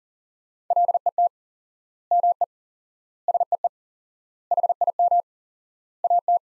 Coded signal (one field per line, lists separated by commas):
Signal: Morse code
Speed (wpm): 40 wpm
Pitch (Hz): 700 Hz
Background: none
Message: LET ME SEE HIM AT